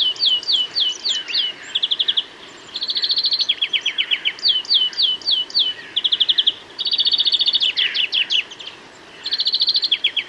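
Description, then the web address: European greenfinch giving a run of twittered trills and falling slurred notes, phrases changing every second or two with brief pauses between some, with faint background hiss. "bbc Bird Song Site Greenfinch - Verdier"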